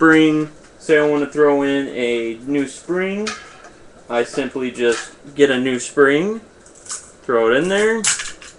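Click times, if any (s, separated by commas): none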